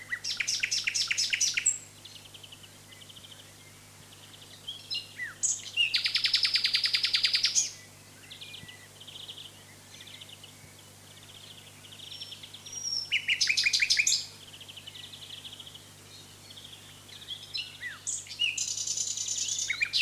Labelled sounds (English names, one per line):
Common Nightingale song